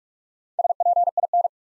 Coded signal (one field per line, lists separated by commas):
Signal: Morse code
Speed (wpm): 44 wpm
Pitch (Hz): 700 Hz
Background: none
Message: SPIN